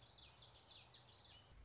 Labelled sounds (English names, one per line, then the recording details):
Common Yellowthroat
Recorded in Sonoma County, California